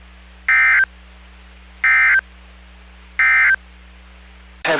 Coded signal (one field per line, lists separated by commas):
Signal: Emergency Alert System (SAME) tones